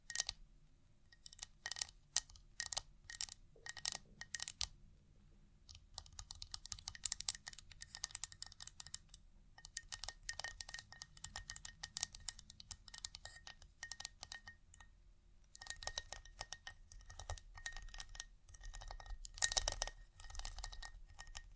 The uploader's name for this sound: vinyl,wood,tapping,scratchig,chain,glass,etc